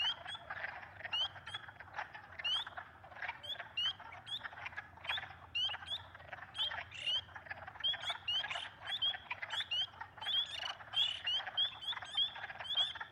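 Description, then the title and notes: Spring peepers in full chorus, many short upslurred peeps overlapping rapidly above a dense background chorus. Evening of 18 March 2022 near a large swamp in West Kingstown, Rhode Island; peepers and other animals calling, growing loud over time. "Recorded in West Kingstown, Rhode Island on Liberty Road near the Great Swamp. Peepers"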